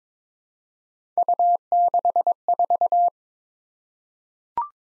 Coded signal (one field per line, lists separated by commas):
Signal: Morse code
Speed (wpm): 22 wpm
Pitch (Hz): 700 Hz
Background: none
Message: U64